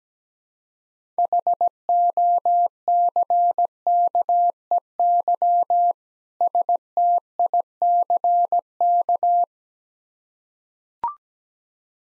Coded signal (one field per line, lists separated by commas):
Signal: Morse code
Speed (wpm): 17 wpm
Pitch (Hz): 700 Hz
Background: none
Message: HOCKEY STICK